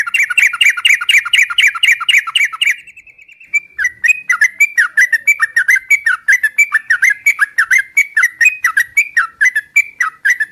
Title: Pancingan Suara Siulan Kacer Gacor Mantap Untuk Memancing Kacer Lain Agar Mau Nyaut Bunyi